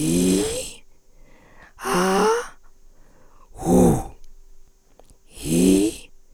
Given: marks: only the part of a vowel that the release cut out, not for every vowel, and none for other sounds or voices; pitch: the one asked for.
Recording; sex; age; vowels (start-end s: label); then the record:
sustained vowels; female; 50 to 59 years
0.00-0.52 s: vowel /i/, normal pitch
1.87-2.39 s: vowel /a/, normal pitch
5.43-5.94 s: vowel /i/, high pitch
From the record:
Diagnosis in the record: recurrent laryngeal nerve paralysis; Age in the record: 57 years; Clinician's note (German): Ausschluß einer Aryluxation re, z.B. Rec. par.